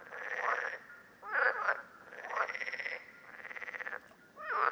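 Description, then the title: Common parsley frog calling, rasping pulsed croaks of varied length with short pauses between them, some ending in rising creaky notes. Several frogs calling at Lerouville, Lorraine, France, on 5 June 2022. "Parsley-Frogs-Lerouville-Lorraine-France-05 06 2022"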